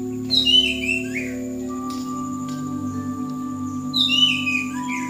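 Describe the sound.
Bird: bright warbled song phrases of sliding whistles and chirps open and close the recording, with a steady background hum and quiet between.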